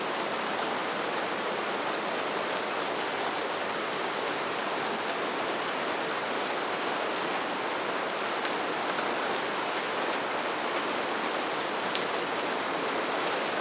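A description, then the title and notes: Steady, dense rain hisses evenly throughout, with crisp drops ticking on a surface and a faint low rumble underneath. Sleep Sounds: Rainy Night Ambient Noise.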